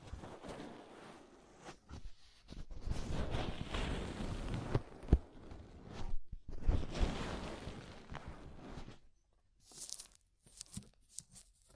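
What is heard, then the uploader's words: Rough, rasping ear scraping comes in dense, gritty strokes for most of the first nine seconds, broken by short pauses near two and six seconds and a few sharp clicks. After that it drops to near silence, with only faint, thin scratches. Inner and Outer Ear Scraping (No Talking).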